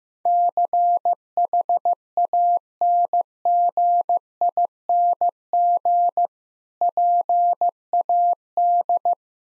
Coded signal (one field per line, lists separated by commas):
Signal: Morse code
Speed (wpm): 15 wpm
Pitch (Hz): 700 Hz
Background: none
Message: CHANGING PAD